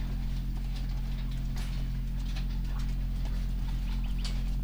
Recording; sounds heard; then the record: poultry house recording; sick chickens (respiratory disease)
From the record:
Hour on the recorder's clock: 22